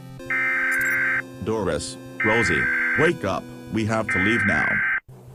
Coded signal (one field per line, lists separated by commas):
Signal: Emergency Alert System (SAME) tones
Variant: header bursts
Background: speech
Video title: Antonio Netherite Sword Network Philippines "EAS: Hyper Civilian War Attack" | 4/25/2023 (Fanmade)